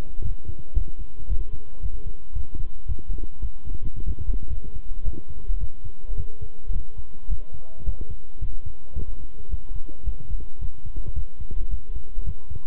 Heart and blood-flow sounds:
heart sounds by stethoscope; between the tricuspid and mitral areas; 110 bpm
0.24 s: heartbeat
0.76 s: heartbeat
1.29 s: heartbeat
1.82 s: heartbeat
2.35 s: heartbeat
2.88 s: heartbeat
3.42 s: heartbeat
3.96 s: heartbeat
4.50 s: heartbeat
5.05 s: heartbeat
5.60 s: heartbeat
6.17 s: heartbeat
6.73 s: heartbeat
7.29 s: heartbeat
7.85 s: heartbeat
8.41 s: heartbeat
8.95 s: heartbeat
9.51 s: heartbeat
10.05 s: heartbeat
10.61 s: heartbeat
11.15 s: heartbeat
11.71 s: heartbeat
12.26 s: heartbeat
From the record:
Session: walking at 3.7 km/h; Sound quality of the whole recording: good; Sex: male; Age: 25 years

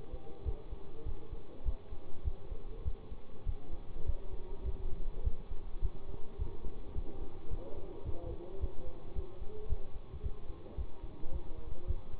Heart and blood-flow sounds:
heart sounds by stethoscope; between the tricuspid and mitral areas; 105 bpm
0.44 s: heartbeat
1.05 s: heartbeat
1.64 s: heartbeat
2.23 s: heartbeat
2.84 s: heartbeat
3.45 s: heartbeat
4.05 s: heartbeat
4.64 s: heartbeat
5.23 s: heartbeat
5.81 s: heartbeat
6.38 s: heartbeat
6.94 s: heartbeat
7.50 s: heartbeat
8.05 s: heartbeat
8.60 s: heartbeat
9.14 s: heartbeat
9.68 s: heartbeat
10.22 s: heartbeat
10.76 s: heartbeat
11.31 s: heartbeat
11.86 s: heartbeat
From the record:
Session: bicycle stress test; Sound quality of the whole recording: good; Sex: male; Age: 24 years

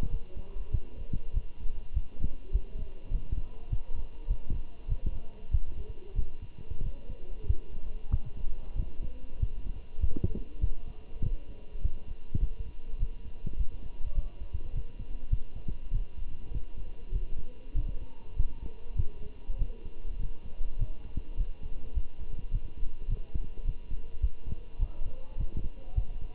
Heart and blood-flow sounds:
heart sounds by stethoscope; between the tricuspid and mitral areas; 100 bpm
0.11 s: heartbeat
0.72 s: heartbeat
1.34 s: heartbeat
1.94 s: heartbeat
2.53 s: heartbeat
3.12 s: heartbeat
3.70 s: heartbeat
4.28 s: heartbeat
4.89 s: heartbeat
5.52 s: heartbeat
6.16 s: heartbeat
6.83 s: heartbeat
7.47 s: heartbeat
8.12 s: heartbeat
8.76 s: heartbeat
9.40 s: heartbeat
10.01 s: heartbeat
10.61 s: heartbeat
11.22 s: heartbeat
11.82 s: heartbeat
12.40 s: heartbeat
12.99 s: heartbeat
13.58 s: heartbeat
14.15 s: heartbeat
14.74 s: heartbeat
15.31 s: heartbeat
15.92 s: heartbeat
16.52 s: heartbeat
17.12 s: heartbeat
17.75 s: heartbeat
18.37 s: heartbeat
18.97 s: heartbeat
19.59 s: heartbeat
20.20 s: heartbeat
20.79 s: heartbeat
21.38 s: heartbeat
21.95 s: heartbeat
22.52 s: heartbeat
23.09 s: heartbeat
23.65 s: heartbeat
24.22 s: heartbeat
24.80 s: heartbeat
25.38 s: heartbeat
25.96 s: heartbeat
From the record:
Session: walking at 3.7 km/h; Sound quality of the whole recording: good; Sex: male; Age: 23 years

